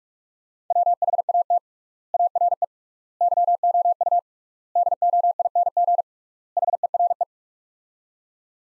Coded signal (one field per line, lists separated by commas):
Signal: Morse code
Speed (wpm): 46 wpm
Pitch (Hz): 700 Hz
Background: none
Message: WHAT ARE YOU DOING HERE